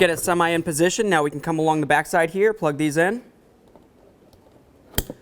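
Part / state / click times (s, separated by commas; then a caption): wiring connector into panel component / seated / 5.0 s. Someone talks while fitting the rear interior panel of a 2009-2020 Dodge Journey during a rear strut and spring assembly replacement, then plugs an electrical connector on the back side of the panel in by hand. After a quiet stretch with a couple of faint ticks, a sharp click at 5.0 s marks the connector seating securely.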